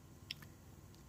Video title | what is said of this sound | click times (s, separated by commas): MKS Performance 2.0TFSI vs 1.8T20V | in till it clicks that's it that's how the hydraulics held | 0.3 s